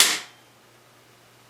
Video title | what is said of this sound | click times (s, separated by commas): 16+1 Shot SRM1216 Shotgun Review part 1 | there there are locks in place | 0.0 s